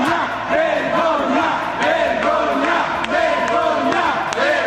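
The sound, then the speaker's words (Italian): A loud protest crowd chants "shame" (vergogna) in Italian at a Movimento 5 Stelle demonstration in front of Parliament, against a rule renewing the solidarity levy on parliamentary life annuities; many voices shout together in a steady, repeated rhythm that keeps going without a break. “Presidio davanti al Parlamento del Movimento 5 Stelle, grida vergogna per la norma che rinnova il prelievo di solidarietà sui vitalizi.”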